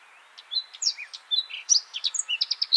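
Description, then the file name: Eurasian blackcap song fragment, a fast tumble of whistled and chirping notes rising in loudness toward the end, with light background hiss. "Sylvia atricapilla"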